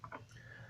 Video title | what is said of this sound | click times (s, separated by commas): Auto PowerUp of laptop with Arduino. | So it must be snap in place, and | 0.0 s